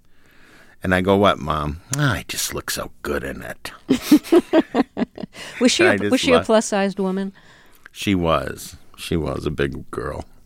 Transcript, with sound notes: And I go, what, Mom? I just look so good in it.
(Laughter) Was she a plus-sized woman?
She was. She was a big girl.